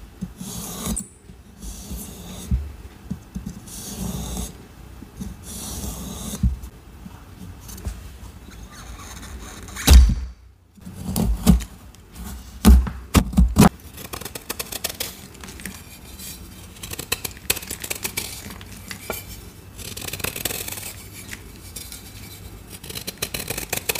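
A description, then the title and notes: Dry scraping and cutting of gym chalk, with louder crumbly chops around ten to fourteen seconds. Cutting & Shaving Plain Gym Chalk Prep. ASMR triggers cutting, shaving, chopping gym chalk and more.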